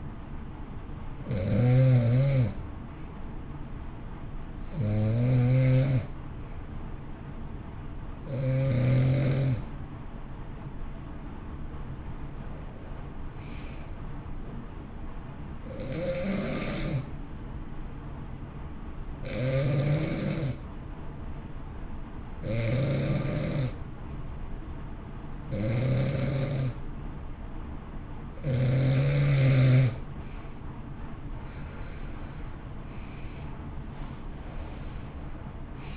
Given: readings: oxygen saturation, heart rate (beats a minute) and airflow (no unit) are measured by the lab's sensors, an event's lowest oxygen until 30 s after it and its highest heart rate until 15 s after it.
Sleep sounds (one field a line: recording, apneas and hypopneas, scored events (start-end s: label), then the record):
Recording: breathing in sleep by a smartphone at the bedside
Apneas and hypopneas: 1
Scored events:
3.00-30.40 s: hypopnea (N2, oxygen 93% highest, then 88% lowest, heart rate 56 at the start, 68 highest)
From the record:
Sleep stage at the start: N2 (light sleep)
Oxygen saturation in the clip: 87 to 93%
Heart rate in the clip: 56 to 66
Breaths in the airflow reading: 11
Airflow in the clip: -13.5 to 14.0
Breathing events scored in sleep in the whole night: 328 in 6.3 hours asleep